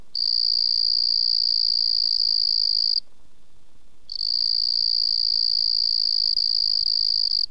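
Southeastern field cricket song: a steady, high, even trill lasting about three seconds, a pause of about a second, then another long even trill of similar length.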